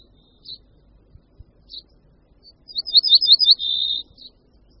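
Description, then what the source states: Ortolan bunting song: a short run of quick high ringing notes ending in a longer, slightly lower sustained note, preceded by a few isolated high calls. Prefers dry, warm habitats such as orchards, vineyards and cultivated land with scattered trees, originally forest-steppe to steppe; does not nest in gardens.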